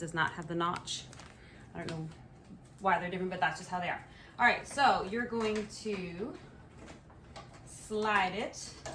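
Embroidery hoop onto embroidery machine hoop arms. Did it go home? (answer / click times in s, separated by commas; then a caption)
no / none. Someone talks while handling a plastic embroidery hoop, about to slide it onto the metal arms of a Bai multi-needle embroidery machine. Short, sharp knocks come at about 7.1 s and 7.4 s in a pause between the words. The hoop has not yet gone home, and nothing has seated or clicked yet.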